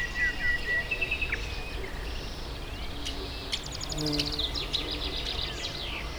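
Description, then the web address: Birds calling, with clear whistled notes at first, then rapid rattling trills and chirps, over a steady low background rumble. Diverse bird life at the Hortobágy fishponds, Hungary, 2014, at the inner terminus of the narrow-gauge railway. "hanggyujtemeny kisvasut hortobagyihalastavak 2014 termeszet sokszinumadarvilag belsovegallomas"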